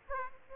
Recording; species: mosquito wingbeat signal from an infrared sensor; Aedes aegypti